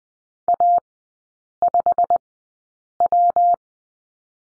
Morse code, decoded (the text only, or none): A5W